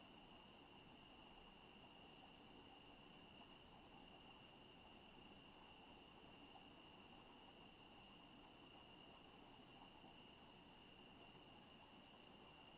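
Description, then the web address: Crickets keep up a steady, unbroken high trill at one pitch, with a few sharp high clicks in the first three seconds over a low, constant background rumble. Residential town at night. "Sonik Sound Library - Spatial Towns Ambience, Residential, Night, Crickets, Night Bird"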